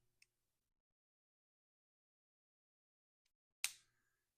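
After its coin cell battery is replaced, a mechanical key blade is slid back into a Subaru key fob's plastic housing. A faint tick at 0.2 s is followed by near silence, then a sharp, bright click at 3.6 s as the blade latches home, seated.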